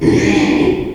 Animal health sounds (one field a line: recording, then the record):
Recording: squeal of a Yucatan mini pig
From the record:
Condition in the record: after surgery on the right vocal fold (resection and tissue-engineered implant)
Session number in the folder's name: 2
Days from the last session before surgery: 13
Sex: male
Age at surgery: 12 weeks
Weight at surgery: 13 kg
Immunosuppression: cyclosporine, prednisolone